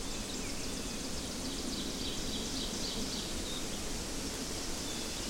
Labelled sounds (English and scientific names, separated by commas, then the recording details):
Ovenbird (Seiurus aurocapilla) song
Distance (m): 70 m
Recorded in boreal forest in Alberta, Canada, on 8 June 2016 at 06:09
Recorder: SongMeter 3, array SBT-3-9
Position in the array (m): 50 m, 107 m
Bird 33